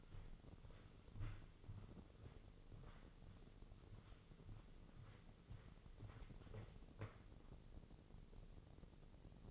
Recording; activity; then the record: daily activity, microphone in the room; walk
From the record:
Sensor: 4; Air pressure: 996.7 hPa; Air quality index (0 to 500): 246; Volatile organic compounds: 406 ppm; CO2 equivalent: 4682 ppm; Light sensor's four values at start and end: 52/128/53/53 and 52/127/53/53